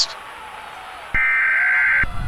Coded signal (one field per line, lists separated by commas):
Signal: Emergency Alert System (SAME) tones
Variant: header bursts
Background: speech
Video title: EAS Simulation: The Oort Cloud Reckoning – Earth’s Final Broadcast